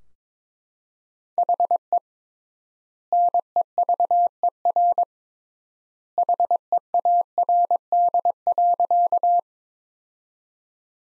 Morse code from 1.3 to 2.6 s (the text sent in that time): HE